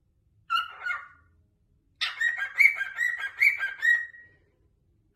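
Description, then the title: Cockatiel uttering a short scratchy chatter, then a longer burst of mixed harsh and whistled notes, with another call starting at the very end. Cockatiels singing a whistled tune. "Calopsitas Cantando Assobio"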